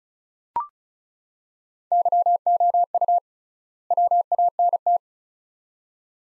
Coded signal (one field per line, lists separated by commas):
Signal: Morse code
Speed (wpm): 36 wpm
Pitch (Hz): 700 Hz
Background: none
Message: YOU WANT